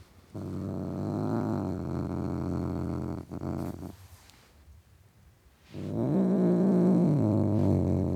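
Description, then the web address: Cat growling: a steady low rumble for about four seconds, a pause, then a louder growl whose pitch briefly rises and falls. Tom cat (male) growling. "The BBC Sound Effects Library - Complete 60 CDs Collection (Cats) Tom Cat Growling"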